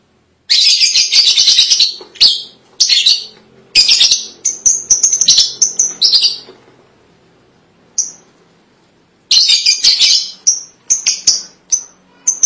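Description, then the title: Lovebird giving loud, rasping high chatter in long bursts broken by short pauses, mixed with sharp single chirps. "BM Suara Burung Lovebird"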